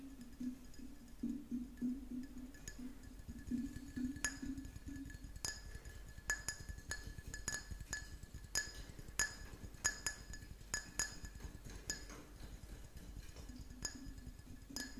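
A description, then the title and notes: Rapid, irregular tapping with sharp, bright clinks like glass or metal, over a low steady hum that drops out midway and returns near the end. Tapping Overload.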